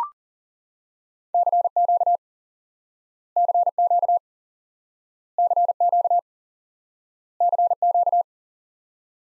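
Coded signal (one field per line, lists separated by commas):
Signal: Morse code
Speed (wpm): 40 wpm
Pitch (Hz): 700 Hz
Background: none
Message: CQ CQ CQ CQ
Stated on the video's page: Morse lesson teaching the common QSO element CQ by instant word recognition.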